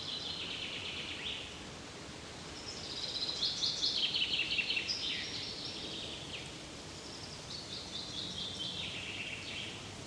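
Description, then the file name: Common chaffinch singing repeatedly: a phrase ending at the start, then two full descending trills with end flourishes, separated by quieter pauses, steady background hiss. "Fringilla coelebs"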